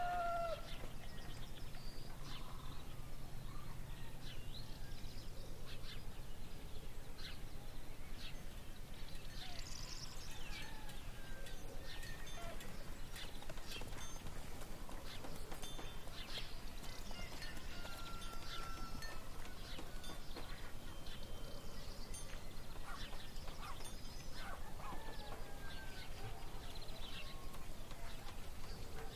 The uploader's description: birds singing, people in the town doing their work, horse carts and farm animals